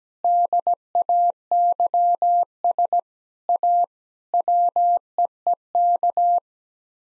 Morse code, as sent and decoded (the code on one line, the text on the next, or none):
-.. .- -.-- ... / .- / .-- . . -.-
DAYS A WEEK